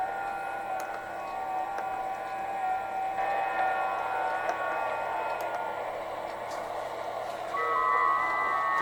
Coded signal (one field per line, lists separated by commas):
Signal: FT8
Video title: Don't like FT8 as a HAM Radio Mode, try using it like a million beacon stations instead.